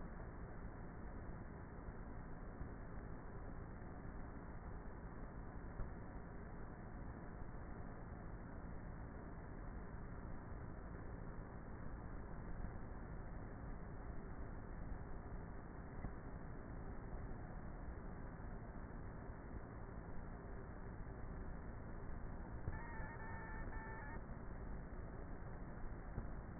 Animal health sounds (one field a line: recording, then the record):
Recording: honeybee colony, microphone inside the hive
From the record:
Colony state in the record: queenless with a low population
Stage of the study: before two queens were removed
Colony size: about 30,000 bees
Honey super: no